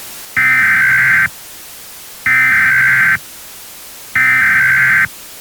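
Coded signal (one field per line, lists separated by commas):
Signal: Emergency Alert System (SAME) tones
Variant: header bursts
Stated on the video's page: Fictional EAS mock set in an alternate timeline, with a VHS effect applied.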